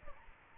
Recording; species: mosquito wingbeat signal from an infrared sensor; Aedes albopictus